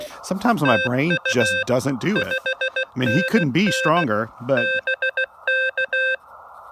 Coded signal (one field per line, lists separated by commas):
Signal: Morse code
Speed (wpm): 16 wpm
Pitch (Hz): 1550 Hz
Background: speech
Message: TU 5NN BK